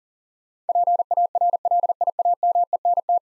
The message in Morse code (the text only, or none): PARLIAMENT